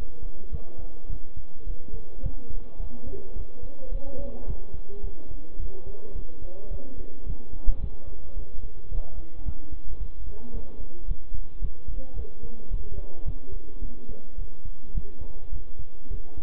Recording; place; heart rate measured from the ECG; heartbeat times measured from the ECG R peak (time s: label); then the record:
heart sounds by stethoscope; between the tricuspid and mitral areas; 108 bpm
0.52 s: heartbeat
1.09 s: heartbeat
1.66 s: heartbeat
2.23 s: heartbeat
2.79 s: heartbeat
3.35 s: heartbeat
3.92 s: heartbeat
4.47 s: heartbeat
5.03 s: heartbeat
5.59 s: heartbeat
6.15 s: heartbeat
6.70 s: heartbeat
7.26 s: heartbeat
7.81 s: heartbeat
8.36 s: heartbeat
8.91 s: heartbeat
9.45 s: heartbeat
10.00 s: heartbeat
10.53 s: heartbeat
11.07 s: heartbeat
11.61 s: heartbeat
12.16 s: heartbeat
12.71 s: heartbeat
13.26 s: heartbeat
13.81 s: heartbeat
14.38 s: heartbeat
14.94 s: heartbeat
15.52 s: heartbeat
16.10 s: heartbeat
From the record:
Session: bicycle stress test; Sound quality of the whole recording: good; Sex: male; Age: 23 years